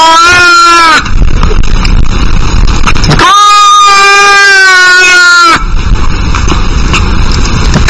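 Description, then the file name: Domestic cat with two stretched meows, the second longer, set against heavy, overdriven rumbling noise that fills the gaps. "Cat Meowing Ear Rape"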